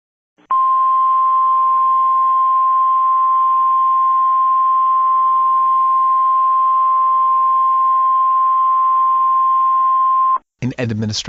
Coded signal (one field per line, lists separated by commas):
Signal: Emergency Alert System (SAME) tones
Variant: 1050 Hz attention tone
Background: speech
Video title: EAS Scenario 21: (MINI) McDonald's food contamination